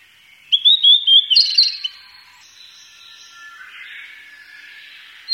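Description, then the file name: Blue-and-white flycatcher singing a short phrase of high whistled notes. "ooruri"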